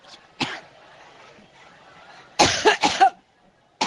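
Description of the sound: Adult woman has a massive coughing fit as she begins a Labor Day campaign rally in Cleveland, Ohio: repeated harsh coughs and throat clearing that leave her struggling to speak.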